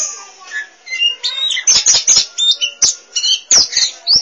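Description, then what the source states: Magpie-robin song of quick, bright whistled notes and chattery trills, starting soft then building into rapid phrases punctuated by sharp clicks. Kacer song.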